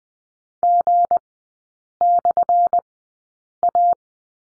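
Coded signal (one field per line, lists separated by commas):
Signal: Morse code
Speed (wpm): 20 wpm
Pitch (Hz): 700 Hz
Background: none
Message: G/A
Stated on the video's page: Morse code course lesson drill on the slash and three characters, sent with Farnsworth spacing at 20/10 wpm.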